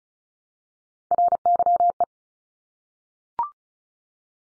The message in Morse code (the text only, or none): RYE